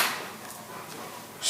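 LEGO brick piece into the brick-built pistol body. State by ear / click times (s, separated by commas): not seated / none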